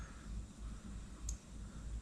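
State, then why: Seated. The red-wired terminal pin is pushed into the plastic housing of a BMW F750GS Shift Assist Pro shift sensor connector, during troubleshooting, with the pin's notch facing the BMW logo. Over a low, steady rumble, a single short, sharp click is heard at 1.3 s as the pin locks into place, fully seated.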